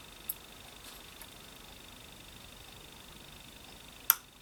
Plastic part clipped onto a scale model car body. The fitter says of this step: Voilà, ça c'est fait. C'est clipsé.